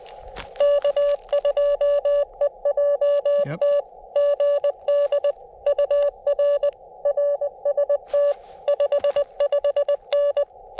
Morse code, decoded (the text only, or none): K2EJT GD UR RST 55N